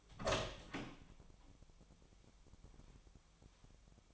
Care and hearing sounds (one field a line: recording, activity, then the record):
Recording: daily activity, microphone in the room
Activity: open door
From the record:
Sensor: 1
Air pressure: 1007.4 hPa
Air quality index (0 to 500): 197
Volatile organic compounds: 19 ppm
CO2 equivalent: 2660 ppm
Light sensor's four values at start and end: 13/32/13/15 and 13/34/14/15